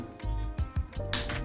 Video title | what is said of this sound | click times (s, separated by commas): ZMF headphones - Crescent Snap - The headphone cushion pad that hugs your head ever so gently...!!! | bring this button over, and then you'll hear it just click right in. | 1.1 s